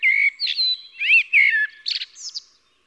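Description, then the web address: Common blackbird song: low fluted whistled phrases, several short warbled notes, ending in a thin, squeaky high twitter. "SETE data Turdus merula"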